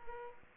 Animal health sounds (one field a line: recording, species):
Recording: mosquito wingbeat signal from an infrared sensor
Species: Culex pipiens